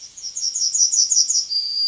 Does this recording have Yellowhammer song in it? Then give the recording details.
yes. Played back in forest. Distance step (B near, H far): B. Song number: 051